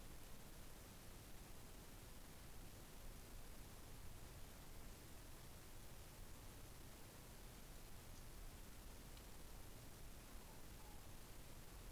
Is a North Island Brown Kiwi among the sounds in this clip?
no